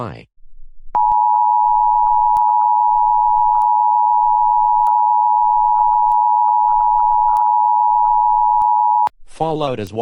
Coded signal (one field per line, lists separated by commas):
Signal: Emergency Alert System (SAME) tones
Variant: 853 and 960 Hz attention tone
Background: speech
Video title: EAS Scenario: Nuclear Attack Against I As Maine Part 2